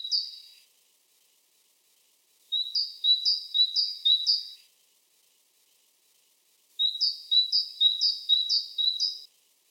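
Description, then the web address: Tit singing three runs of bright, high paired notes, the first cut off at the start and the last two each repeated several times before falling silent. "синица"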